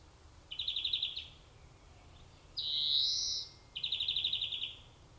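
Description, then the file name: European greenfinch calls: two rapid twittering trills at mid-high pitch framing one drawn-out nasal wheeze, over faint low background rumble. "Chloris chloris"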